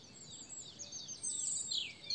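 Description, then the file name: European robin song: thin, high, varied twittering phrases, ending in a louder sweeping, descending note, over a faint low background hiss. "Erithacus rubecula"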